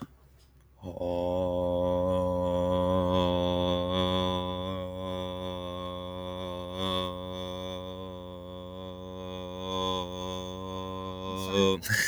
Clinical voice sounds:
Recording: vowel held as long as possible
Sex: male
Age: 20 to 29 years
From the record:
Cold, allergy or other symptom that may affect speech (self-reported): no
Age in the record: 24 years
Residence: Pennsylvania, United States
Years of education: 16

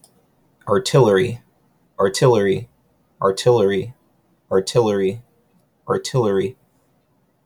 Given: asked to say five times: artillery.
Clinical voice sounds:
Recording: repeated word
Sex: male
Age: 20 to 29 years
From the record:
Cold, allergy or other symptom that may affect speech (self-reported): no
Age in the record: 27 years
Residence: Florida, United States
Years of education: 14

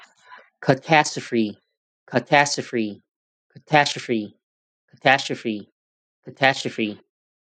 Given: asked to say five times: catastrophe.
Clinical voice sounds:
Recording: repeated word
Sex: male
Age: 20 to 29 years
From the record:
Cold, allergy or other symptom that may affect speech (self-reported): no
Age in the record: 24 years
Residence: California, United States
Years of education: 16

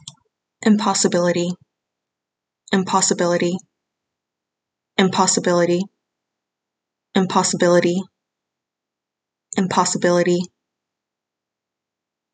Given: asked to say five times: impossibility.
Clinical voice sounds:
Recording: repeated word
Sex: female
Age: 20 to 29 years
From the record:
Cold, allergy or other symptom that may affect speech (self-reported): no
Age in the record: 24 years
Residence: Texas, United States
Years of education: 16

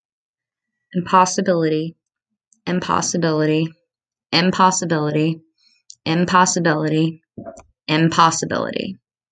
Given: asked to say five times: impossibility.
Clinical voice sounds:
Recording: repeated word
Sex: female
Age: 30 to 39 years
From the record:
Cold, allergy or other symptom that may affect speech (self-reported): no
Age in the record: 32 years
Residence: New York, United States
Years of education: 16

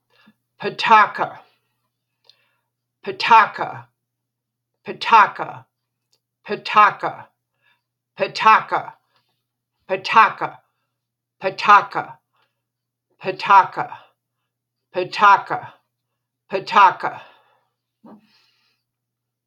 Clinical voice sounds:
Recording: repeated syllables /pa ta ka/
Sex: female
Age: 80 to 89 years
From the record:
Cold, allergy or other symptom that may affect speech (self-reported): no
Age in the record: 80 years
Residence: Wisconsin, United States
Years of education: 25

